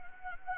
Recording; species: mosquito wingbeat signal from an infrared sensor; Anopheles gambiae